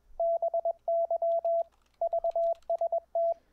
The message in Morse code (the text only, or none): BY VST